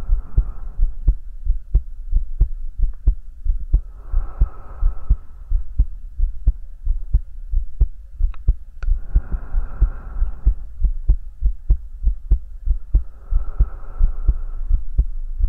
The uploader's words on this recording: ASMR Hugging your Head HeartBeat with Breathing.